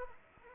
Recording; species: mosquito wingbeat signal from an infrared sensor; Anopheles arabiensis